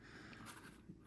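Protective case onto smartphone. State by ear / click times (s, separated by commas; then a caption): not seated / none. Someone presses a hard-backed plastic Poetic protective case against a Samsung Galaxy S25 Ultra phone, expecting it to pop right on, producing soft rustling and scraping handling noise with a brief sharper tap at 0.3 s. Nothing has seated or clicked yet; the case fails to go on because of its hard plastic inner shell, and it is then taken apart instead.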